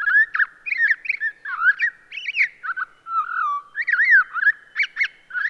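Townsend's solitaire delivering a fast, rollicking warble of sweet up-and-down notes, one short burst flowing into the next with barely a gap.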